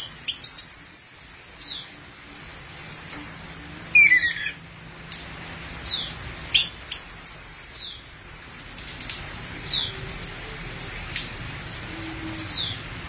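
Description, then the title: Thrush song of long high thin trills repeated twice, with scattered sharp downslurred notes and quieter chirps afterward. "burung anis x"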